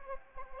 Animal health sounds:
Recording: mosquito wingbeat signal from an infrared sensor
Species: Anopheles arabiensis

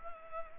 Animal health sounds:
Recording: mosquito wingbeat signal from an infrared sensor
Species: Culex pipiens

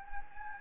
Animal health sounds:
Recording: mosquito wingbeat signal from an infrared sensor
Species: Anopheles gambiae

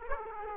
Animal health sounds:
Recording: mosquito wingbeat signal from an infrared sensor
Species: Aedes aegypti

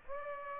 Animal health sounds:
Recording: mosquito wingbeat signal from an infrared sensor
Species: Aedes aegypti

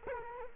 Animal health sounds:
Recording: mosquito wingbeat signal from an infrared sensor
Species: Culex quinquefasciatus

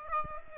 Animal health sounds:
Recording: mosquito wingbeat signal from an infrared sensor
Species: Aedes aegypti

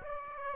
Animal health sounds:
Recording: mosquito wingbeat signal from an infrared sensor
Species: Aedes aegypti

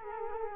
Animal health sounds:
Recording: mosquito wingbeat signal from an infrared sensor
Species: Culex quinquefasciatus

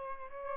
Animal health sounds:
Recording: mosquito wingbeat signal from an infrared sensor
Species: Aedes albopictus

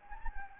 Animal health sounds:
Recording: mosquito wingbeat signal from an infrared sensor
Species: Anopheles gambiae

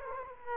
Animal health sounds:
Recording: mosquito wingbeat signal from an infrared sensor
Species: Culex quinquefasciatus

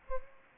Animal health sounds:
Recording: mosquito wingbeat signal from an infrared sensor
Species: Aedes aegypti

